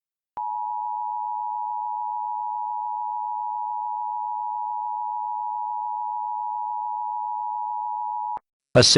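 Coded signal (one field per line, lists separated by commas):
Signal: Emergency Alert System (SAME) tones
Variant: 853 and 960 Hz attention tone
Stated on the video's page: Fictional EAS scenario about a parasite outbreak and quarantine, not a real broadcast.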